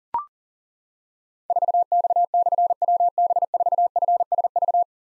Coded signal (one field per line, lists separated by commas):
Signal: Morse code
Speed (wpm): 37 wpm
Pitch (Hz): 700 Hz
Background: none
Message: 4X/WB4FSV